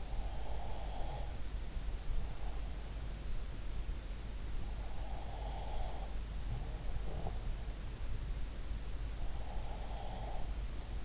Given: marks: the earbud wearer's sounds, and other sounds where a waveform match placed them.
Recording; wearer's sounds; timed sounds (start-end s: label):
sounds in sleep by an in-ear microphone; breath
0.00-3.12 s: breath
4.89-8.01 s: breath
9.29-11.05 s: breath